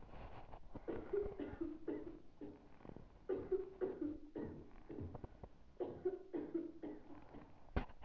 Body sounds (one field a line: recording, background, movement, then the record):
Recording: deep breathing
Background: a bystander coughing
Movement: sitting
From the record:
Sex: female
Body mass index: 22.6 kg/m2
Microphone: on the chest, facing the body